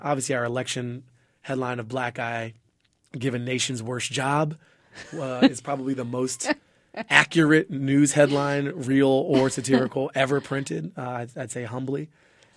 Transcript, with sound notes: Obviously our election headline of Black Guy Given Nation's Worst Job...
(SOUNDBITE OF LAUGHTER)
... is probably the most accurate news headline real or satirical ever printed, I'd say humbly.